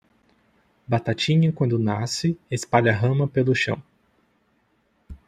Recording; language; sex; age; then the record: short text; Brazilian Portuguese; male; 30 to 39 years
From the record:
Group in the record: control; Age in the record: 32 years